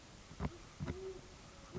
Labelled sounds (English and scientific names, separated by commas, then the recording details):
Great Horned Owl (Bubo virginianus)
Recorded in Sonoma County, California